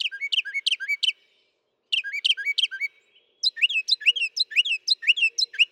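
Northern mockingbird song, one note type repeated several times in two bursts, then a switch to a new repeated series.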